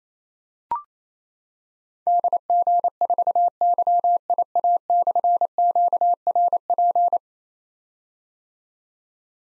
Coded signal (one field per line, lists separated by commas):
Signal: Morse code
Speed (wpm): 27 wpm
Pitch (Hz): 700 Hz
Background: none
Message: DG4YIA/QRP